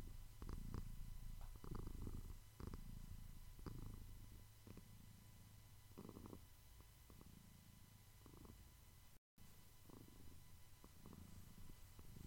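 Domestic cat purr, a continuous low rumble with rhythmic soft breathy bursts, one brief dropout near nine seconds.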